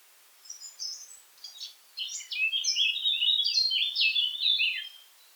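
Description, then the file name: Eurasian blackcap song opening with a few soft scattered notes, then bursting into a sustained, loud, quick warble that fades at the end. "Sylvia atricapilla"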